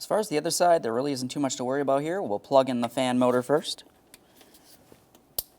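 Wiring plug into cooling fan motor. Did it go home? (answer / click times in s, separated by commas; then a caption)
yes / 5.4 s. Someone talks, then a plastic electrical plug is pushed into the passenger-side radiator cooling fan motor of a 2014–2018 Mazda 3 during an A/C condenser and receiver drier replacement. After a few faint ticks, a sharp click at 5.4 s marks the connector seating.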